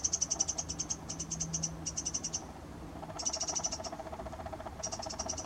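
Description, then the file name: Eurasian wren calling in quick, high-pitched ticking rattles, several bursts in a row. "Troglodytes troglodytes"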